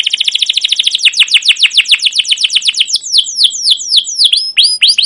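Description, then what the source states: Canary song with a fast rolling trill of repeated notes that gradually slows into separate downswept chirps. Canary song with long continuous singing, cuit cuit calls and ngerol rolling trills, used as a pancingan lure to train other canaries.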